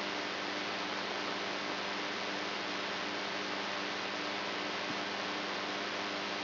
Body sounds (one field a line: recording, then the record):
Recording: brain microelectrode recording played as sound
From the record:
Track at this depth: inside the subthalamic nucleus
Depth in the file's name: 3.916 mm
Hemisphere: right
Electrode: 3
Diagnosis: Parkinson's disease